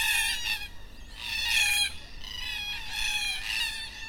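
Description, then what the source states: Black cockatoos giving overlapping screechy, wavering wails that blend into an almost unbroken chorus. Black cockatoos at dusk in Perth.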